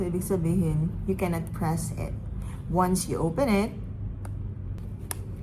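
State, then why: Seated. Someone talks while twisting the plastic pump head of a lotion bottle into its locked position. A clear click at 5.1 s shows the pump is locked closed.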